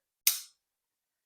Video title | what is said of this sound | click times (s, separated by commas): "Australian Firefighter's Knife" explainer video | It locks out solid and it makes a very satisfying click every time it does it. | 0.3 s